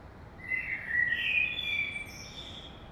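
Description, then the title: Common blackbird singing a single fluty, slightly wavering phrase that climbs and finishes in a brief squeaky twitter, over a faint low hiss. Early morning in Saint-Gilles, Belgium; recorded with a DPA 2006c microphone pair in AB stereo into a Zoom F3 recorder. "Saint-Gilles, Belgique - Blackbird - Merle"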